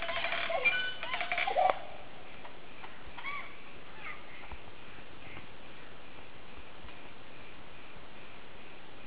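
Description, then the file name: Green oropendola calls in the first two seconds, a loud burst of gurgling, liquid notes with tonal whistles, then a few faint notes and quiet background hiss for the rest. "psarocolius viridis"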